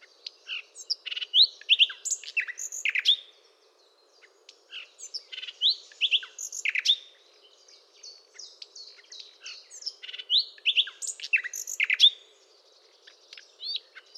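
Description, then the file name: Common nightingale song: rapid varied phrases of sharp chirps, trills and slurred high notes in bursts, with short pauses between, over a faint low hum. "Luscinia megarhynchos"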